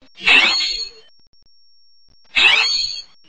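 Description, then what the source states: Scrub-jay giving harsh, rasping calls: two loud scratchy bursts about two seconds apart, with quiet between. Northwest California.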